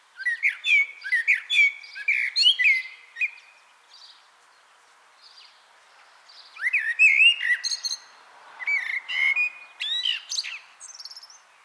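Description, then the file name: Common blackbird song: two bursts of fluty warbled phrases and high squeaky notes, separated by a few seconds of quieter sounds. "Turdus merula"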